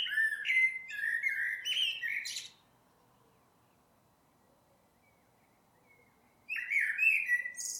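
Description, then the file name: Eurasian blackbird song: a rich, mellow warbled phrase ending in scratchy high twitters, then about four seconds of quiet before the next fluty phrase begins. "Turdus merula"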